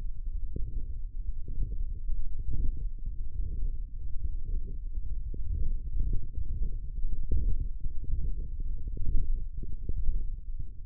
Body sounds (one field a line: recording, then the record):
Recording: forearm muscle sounds (acoustic myography)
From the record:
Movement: hand opening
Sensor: system 1, eight BSWA MPA416 microphones around the upper forearm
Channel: 3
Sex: male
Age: 23 years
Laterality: right